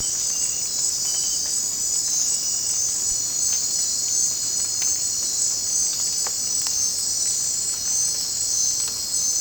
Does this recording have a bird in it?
no